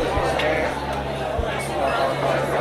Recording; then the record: background sound without coughing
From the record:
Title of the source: CITY SOUNDS Busy Bar in the Evening Night - 2 HOURS of Ambiance for Relaxation